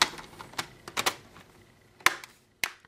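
The plastic screen bezel of an HP Pavilion dv6-2155dx laptop is pressed back onto the display lid so it is tightly attached all round. Its retaining clips snap home with sharp clicks at 0.0, 2.1 and 2.6 seconds, with fainter clicks around 0.6, 1.0 and 1.1 seconds. The bezel is seated.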